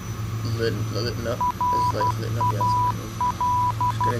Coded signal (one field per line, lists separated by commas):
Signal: Morse code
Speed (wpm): 12 wpm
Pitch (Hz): 990 Hz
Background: speech, radio noise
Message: RAL